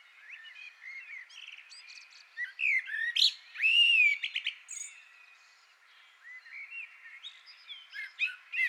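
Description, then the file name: Common blackbird song, soft warbling building to a loud, clear whistled note that rises and falls, then quieter twittering and chuckling notes. "Turdus merula"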